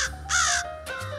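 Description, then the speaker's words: American Crow gives a harsh caw, followed by a softer call, over a low, steady hum. The familiar caw; in most of the U.S. the American crow is the only crow. "the American crow is the only crow in town. That's the caw you're probably used to."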